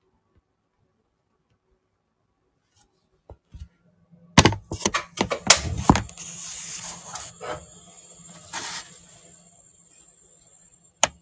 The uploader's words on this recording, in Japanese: キッチン周りのお片付け。Sujataはお話はいたしません。